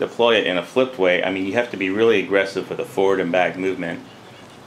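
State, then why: Not seated. A folding karambit knife with a steel liner lock is being handled, set up to be flipped open with an aggressive forward-and-back wrist motion so the liner snaps into a notch in the blade tang and locks it open. Throughout the clip, only someone talking is heard. The blade has not locked open yet, and nothing has clicked or seated.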